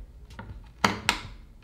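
A DDR4 memory module is inserted into a motherboard DIMM slot, going in first on the fixed side and then pushed down until the slot latch clamps it. After a few faint ticks, two sharp clicks ring out at 0.9 s and 1.1 s as the module seats and locks in place.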